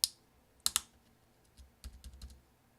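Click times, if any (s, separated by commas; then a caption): 0.0 s, 0.7 s, 0.8 s. A replacement plastic key cap for the 8 key is pressed down with a finger onto its hinge clips on the keyboard of a mid-2010 13-inch MacBook Pro 1278 (2.66 GHz, MC375, Type J). Sharp clicks ring out at 0.0, 0.7 and 0.8 seconds as it snaps into place, followed by fainter taps around 1.8 to 2.3 seconds. The key cap is seated.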